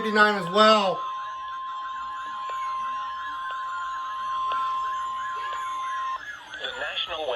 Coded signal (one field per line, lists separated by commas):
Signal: Emergency Alert System (SAME) tones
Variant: 1050 Hz attention tone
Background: speech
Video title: SEABREEZE INSANITY 3: BACK TO BACK INSANITY - EAS Alerts From 8/19/23 - 8/21/23 (EAS #616-640)